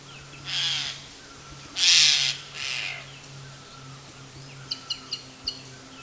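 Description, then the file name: Eurasian jay giving three harsh, rasping screeches within the first three seconds, then a few short, sharp ticking notes; a steady low hum runs underneath. "Garrulus glandarius"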